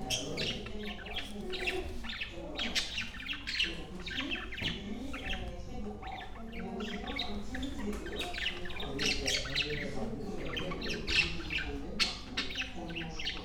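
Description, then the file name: Parakeets chattering together, a dense stream of harsh, scratchy squawks and short shrill notes overlapping throughout, over a steady low hum. "perruches"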